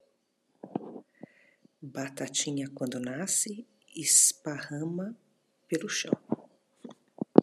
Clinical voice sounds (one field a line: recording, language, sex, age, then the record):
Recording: short text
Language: Brazilian Portuguese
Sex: female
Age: 50 to 59 years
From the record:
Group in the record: control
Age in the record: 59 years